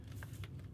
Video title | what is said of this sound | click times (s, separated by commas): HP DV6 CPU FAN Replacement Walkthrough— Take Apart & Disassembly for Overheating Laptiop | and of of course mine won't click in the bottom right because I decided to break that one | 0.2 s, 0.4 s, 0.6 s